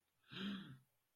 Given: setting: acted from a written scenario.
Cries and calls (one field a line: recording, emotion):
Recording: vocal sound without words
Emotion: negative surprise